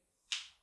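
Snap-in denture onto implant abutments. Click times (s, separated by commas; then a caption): 0.3 s. A snap-in denture with small inserts on its inside is pressed onto two implant abutments on a model. A single sharp, bright snap is heard at 0.3 s, fading quickly over the next quarter second against a quiet background. The denture seats onto the abutments.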